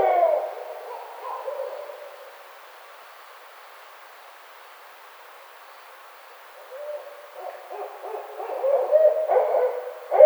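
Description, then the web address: Barred owl giving low, wavering hoots at the start, a quiet pause, then more excited hooting and cackling notes building toward the end. Recorded 29 May 2009. "Barred Owl 2009 05 29 Barred Owl"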